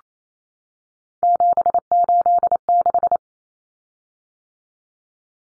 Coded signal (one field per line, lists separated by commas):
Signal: Morse code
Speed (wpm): 28 wpm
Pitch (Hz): 700 Hz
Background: none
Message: 786